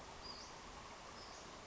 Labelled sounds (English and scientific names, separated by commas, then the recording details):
Western Flycatcher (Empidonax difficilis)
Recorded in Sonoma County, California